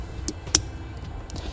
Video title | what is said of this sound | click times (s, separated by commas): etrailer - Curt T-Connector Vehicle Wiring Harness Installation - 2016 Nissan Murano | I make sure they lock into place and you hear that click now | 0.5 s